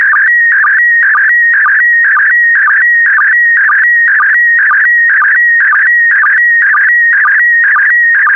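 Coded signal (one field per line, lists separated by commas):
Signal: SSTV (slow-scan television)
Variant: PD120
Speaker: complete. You can now check your decoded image against the picture that is shown on the video.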